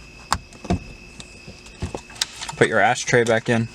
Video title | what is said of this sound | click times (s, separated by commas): Audi B8/8.5 Ultimate Short Throw Shifter Install - JXB Performance | slide the front under the tabs and just push down on the rear you'll hear two clicks | 0.3 s, 2.2 s